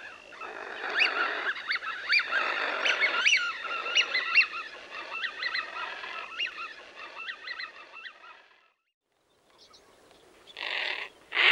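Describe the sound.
Eurasian wigeon whistles, a run of many rising-falling whistled calls, fading out, then a brief gap before louder bursts at the end.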